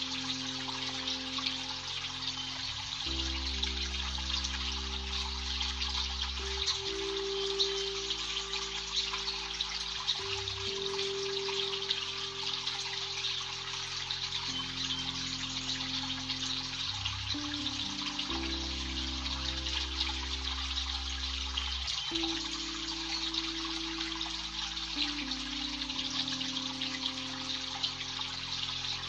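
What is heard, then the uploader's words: Rain falls on a creek as a steady, dense hiss of running water, even in level from start to finish. Underneath, low sustained tones hold and then shift pitch every few seconds, a slow, deep backdrop beneath the constant wash. Today we're meditating to the sounds of it raining in creek. Water running with the sounds of nature. Sounds of it raining in the creek.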